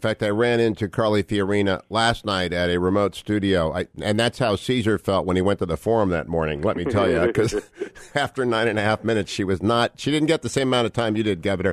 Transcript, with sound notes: In fact, I ran into Carly Fiorina last night at a remote studio, and that’s how Caesar felt when he went to the Forum that morning, let me tell you… (laughing) …because after nine and a half minutes, she was not, she didn’t get the same amount of time that you did, Governor.